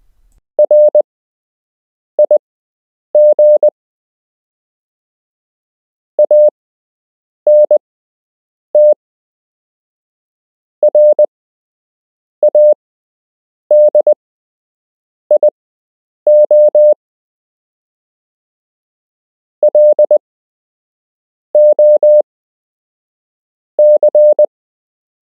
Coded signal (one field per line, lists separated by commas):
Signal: Morse code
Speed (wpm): 20 wpm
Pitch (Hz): 600 Hz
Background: none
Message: RIG ANT RADIO LOC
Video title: You can learn Morse code - Part 4